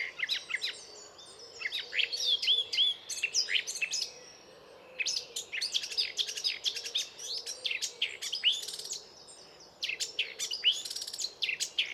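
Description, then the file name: Eurasian blackcap calls, dense bursts of sharp high chirps and clicks in rapid clusters with short pauses, a steady faint background hiss underneath. "Sylvia atricapilla"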